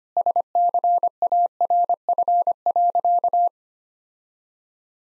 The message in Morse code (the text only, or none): SCARF.